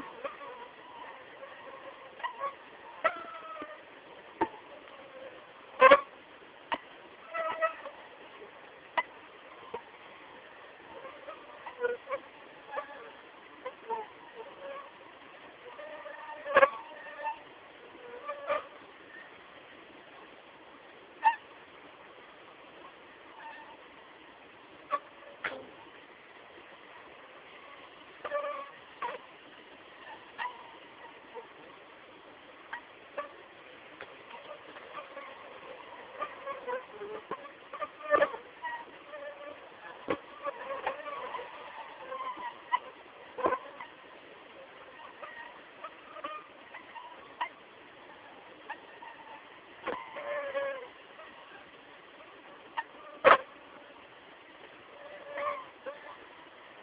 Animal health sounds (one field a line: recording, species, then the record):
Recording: mosquito flight sound by mobile phone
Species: Aedes aegypti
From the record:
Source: Auburn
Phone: Samsung T209